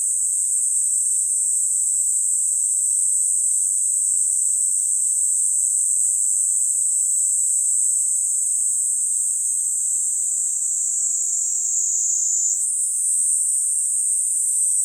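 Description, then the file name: Cicadas give a long, even, high-pitched drone with no pauses; the tone dips briefly and then rises again near the end. Several cicadas in summer at Sannohe. "INSECT CICADAS SANNOHE"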